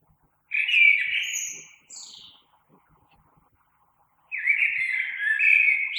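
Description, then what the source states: Common blackbird song: a mellow warbled phrase ending in thin, high twittering notes, then a pause of about two seconds and a second warbled phrase; background otherwise quiet. Recorded on 3 March 2020.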